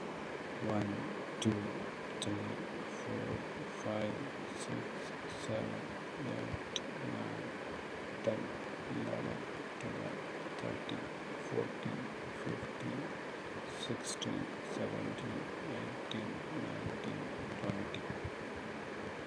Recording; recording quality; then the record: counting at a normal pace; poor, much background noise or distortion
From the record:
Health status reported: healthy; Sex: male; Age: 59 years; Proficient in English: yes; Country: India